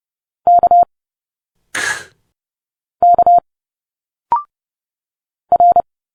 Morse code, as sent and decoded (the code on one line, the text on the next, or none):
-.- / -.- / .-.
K K R